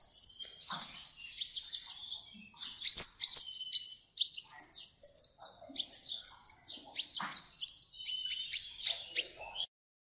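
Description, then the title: Oriental magpie-robin song of varied high whistles and slurred notes, loud and fast, fading into softer, clipped chips toward the end. "Kicau Kacer"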